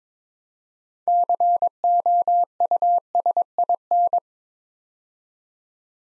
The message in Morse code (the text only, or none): COUSIN